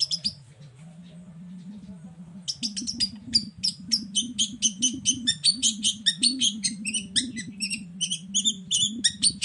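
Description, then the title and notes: Long-tailed shrike song: after a quieter start, a rapid, continuous run of sharp, twittering high notes, with a constant low hum behind it. Cendet in morning song with varied 'toet toet' phrases, used as a lure to provoke other long-tailed shrikes into answering. "Langsung NYAUTTTTT ! Cendet Gacor Dor Di Kala Pagi Toet Toet Variasi Suara. Pancingan Emosi Cendet Gacor Full Variasi Toet Toet Bikin Nyaut Cendet Lain Langsung Ikutan Bunyi. Burung cendet"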